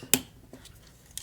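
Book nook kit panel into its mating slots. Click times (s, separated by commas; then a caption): 0.1 s. A wooden or plywood panel from a Dancing Beast & Beauty book nook kit is pressed into its mating slots and snaps into place, seating with a sharp click at 0.1 s. A faint soft knock follows near 0.5 s, and a second, quieter sharp tick comes at 1.2 s.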